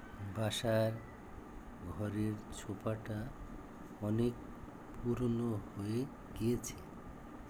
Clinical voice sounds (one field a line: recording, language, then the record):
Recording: elicited speech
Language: Bengali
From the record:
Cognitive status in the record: dementia